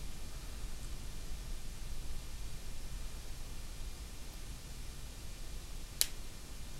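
A metal jump ring, just added to a chain, is closed with pliers over a steady low background hiss. At 6.0 s there is one sharp click as the ring's ends meet, and the ring is seated closed.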